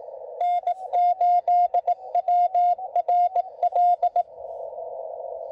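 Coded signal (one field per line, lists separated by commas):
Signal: Morse code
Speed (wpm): 18 wpm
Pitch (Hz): 700 Hz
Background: none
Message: N8WRL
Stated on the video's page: CW on a POTA park activation, sent without a key or paddle because the key was forgotten.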